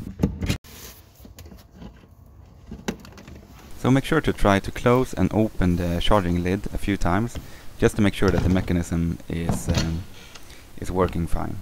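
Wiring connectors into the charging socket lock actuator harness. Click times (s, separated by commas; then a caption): 0.2 s, 2.9 s. On a BMW i3, two wiring connectors are pushed together by hand into the charging socket lock actuator harness, snapping into place with sharp clicks at 0.2 and 2.9 seconds, followed by a few softer knocks. Then someone talks.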